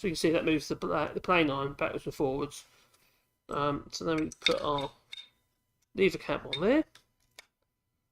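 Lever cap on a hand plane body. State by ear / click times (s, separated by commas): seated / 7.4 s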